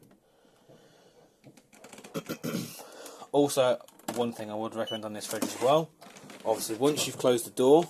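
Someone talks over the closed door of a van fridge while faint short knocks sound around 1.4 to 2.1 seconds. The fridge door latch has not yet been pushed into its second click position, which it needs to reach so the fridge does not beep that the door is open. Nothing has seated or clicked yet.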